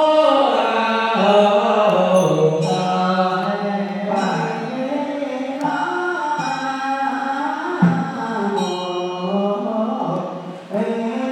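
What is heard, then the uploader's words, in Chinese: Voices chant together at a Buddhist sutra service in a temple, a steady, sustained melodic line that slides gently between pitches. Sharp bright strikes, like a small bell or clapper, punctuate it every second or two, and the volume stays even throughout. 福州开元寺地藏菩萨本愿经法会。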